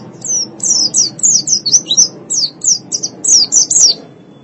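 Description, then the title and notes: White-eye song: a lively series of high, down-slurred whistled chirps over a faint low hum. "Suara kicauan burung pleci"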